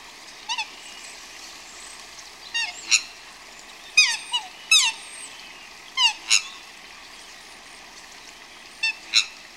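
Bird calls: scattered sharp, descending squeaky notes, some in quick pairs, spaced irregularly throughout over a constant hissing background.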